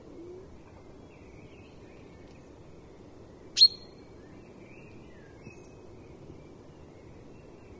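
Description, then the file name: Common chaffinch uttering one abrupt, high-pitched call note midway, with faint chirps before and after over a low hiss. "Fringilla coelebs"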